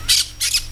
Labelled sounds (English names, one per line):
Brown-throated Parakeet contact call